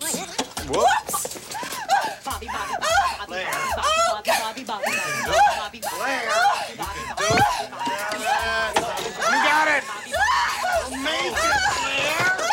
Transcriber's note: shrieks